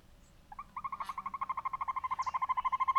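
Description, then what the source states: Northern hawk-owl trill starting after half a second, a rapid run of mellow hoots growing louder to the end, with brief high notes from another bird. Male, hooting.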